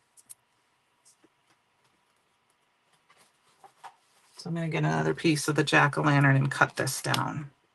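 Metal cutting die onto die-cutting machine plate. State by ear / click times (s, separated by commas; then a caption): not seated / none. A thin metal craft die is handled near the cutter plate of a die-cutting machine, making a few faint light ticks and taps over the first four seconds, after which someone talks until the end. The die has not snapped onto the plate yet, so nothing has seated or clicked in this clip.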